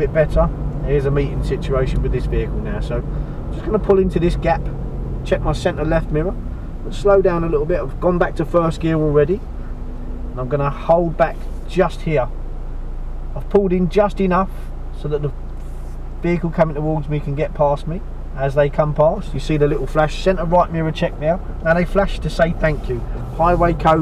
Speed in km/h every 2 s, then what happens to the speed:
23, 23, 21, 15, 6, 2, 0, 0, 0, 0, 0, 3.
4-10 slows to 2. 10-21 standing.